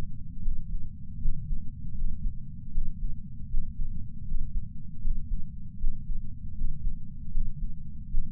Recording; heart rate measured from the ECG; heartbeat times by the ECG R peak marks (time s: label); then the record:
heart sounds by patch sensor on the chest; 78 bpm
0.42 s: heartbeat
1.19 s: heartbeat
1.95 s: heartbeat
2.72 s: heartbeat
3.48 s: heartbeat
4.25 s: heartbeat
5.01 s: heartbeat
5.78 s: heartbeat
6.55 s: heartbeat
7.31 s: heartbeat
8.09 s: heartbeat
From the record:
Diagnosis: coronary artery disease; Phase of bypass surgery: preoperative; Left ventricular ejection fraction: 66.3%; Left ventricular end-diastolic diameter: 44 mm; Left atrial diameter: 34 mm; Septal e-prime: 5.3 cm/s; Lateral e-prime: 9.3 cm/s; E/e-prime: 13.2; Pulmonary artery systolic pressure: 31 mmHg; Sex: male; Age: 76 years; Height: 164 cm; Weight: 75 kg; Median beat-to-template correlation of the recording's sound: 0.83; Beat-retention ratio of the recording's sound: 0.97